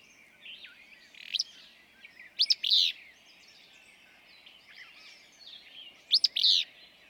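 Willow flycatcher song: a brisk, burry two-note burst given twice, with softer bird chatter filling the gaps.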